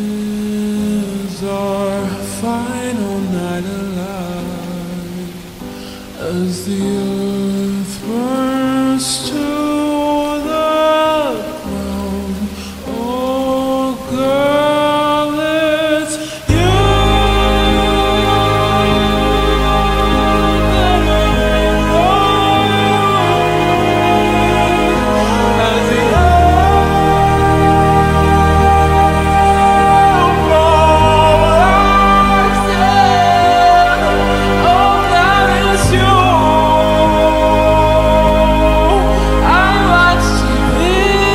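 Slow, melodic instrumental music plays, starting quietly with sparse, sustained notes and gentle pitch glides. Around sixteen seconds it swells into a fuller, louder passage with a deep low bass that stays steady to the end, over a faint, constant rain hiss.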